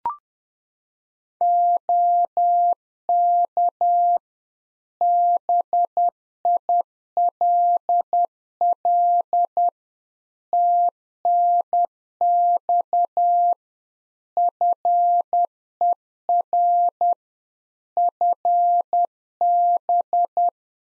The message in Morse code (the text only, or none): OK BILL TNX FER FB